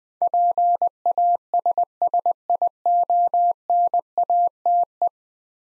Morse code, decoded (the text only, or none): PASSIONATE